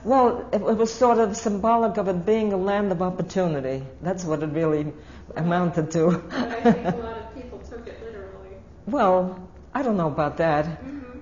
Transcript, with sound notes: Well, it was a sort of symbolic of it being the "Land of Opportunity." That's what it really amounted to. (She laughs.)
But I think a lot of people took it literally.
Well, I don't know about that.